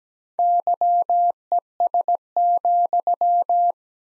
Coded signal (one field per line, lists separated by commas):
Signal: Morse code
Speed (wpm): 17 wpm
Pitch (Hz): 700 Hz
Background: none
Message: YES,